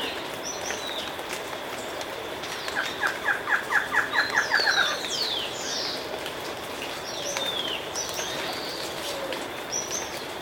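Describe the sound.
Bird calls in a brief rapid series of about ten clipped notes, with scattered high chirps over a steady patter like rain.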